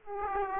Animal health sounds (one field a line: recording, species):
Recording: mosquito wingbeat signal from an infrared sensor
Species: Aedes aegypti